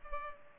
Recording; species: mosquito wingbeat signal from an infrared sensor; Culex pipiens